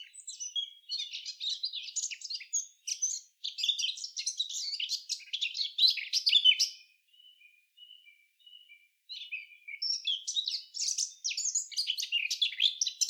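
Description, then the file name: Eurasian blackcap song: a sustained, rapid, scratchy warble of dense high notes, a brief break with a few soft thin notes, then the hurried warbling resumes. "Sylvia atricapilla"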